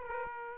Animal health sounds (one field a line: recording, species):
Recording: mosquito wingbeat signal from an infrared sensor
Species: Aedes aegypti